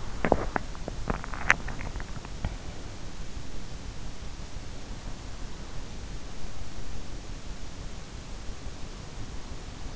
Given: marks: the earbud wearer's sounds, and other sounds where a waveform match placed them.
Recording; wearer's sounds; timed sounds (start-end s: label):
sounds in sleep by an in-ear microphone; teeth grinding
0.00-3.20 s: teeth grinding